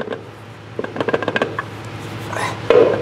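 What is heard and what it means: A metal torque converter is rotated and pushed onto the shafts of an automatic transmission, giving a quick run of light metallic clicks and rattles around 1.1 to 1.4 seconds. A louder clunk at 2.7 s is the converter dropping onto its second spline engagement, but it is still not fully home.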